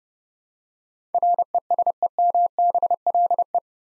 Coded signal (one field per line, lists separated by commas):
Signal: Morse code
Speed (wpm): 30 wpm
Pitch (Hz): 700 Hz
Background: none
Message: RESEMBLE